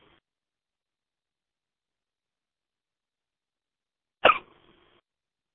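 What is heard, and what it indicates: A single abrupt, sharp hiccup from an adult bursts out after several seconds of near silence, one of ongoing hiccups during conversation.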